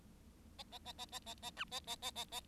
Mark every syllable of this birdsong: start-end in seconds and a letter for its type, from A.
0.58-0.63 A, 0.71-0.78 A, 0.85-0.92 A, 0.98-1.05 A, 1.12-1.19 A, 1.26-1.34 A, 1.42-1.50 A, 1.56-1.65 B, 1.71-1.80 A, 1.87-1.96 A, 2.02-2.11 A, 2.15-2.24 A, 2.31-2.40 A